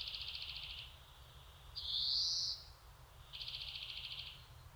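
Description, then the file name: European greenfinch: a rapid rattling trill, then a loud buzzy wheeze, then another trill, over low background noise. "Chloris chloris"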